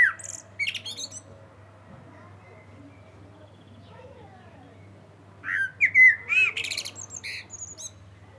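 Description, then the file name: Common blackbird singing: a short high twittering phrase at the start, then after a long pause a rich mellow warble followed by thin, scratchy high notes. "Turdus merula"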